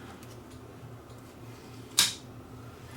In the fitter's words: snaps in place like that